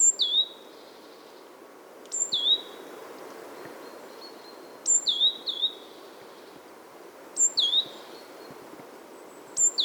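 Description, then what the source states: Coal tit song: high, thin two-part phrases, a sharp note then a dipping whistle, repeated several times over a quiet background. Displaying male in full song beside a remote forest lake at Kulaträsk, Värmdö, Sweden, towards the end of February, at the end of winter.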